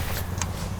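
The black centre hub of a Black Wolf Turbo 300 instant tent's pole frame is pushed up by hand from inside, after the four corner knuckles are locked, until it snaps into its locked position. A short, sharp click rises over a steady low rumble at 0.4 s. The hub pops into place and the frame is seated.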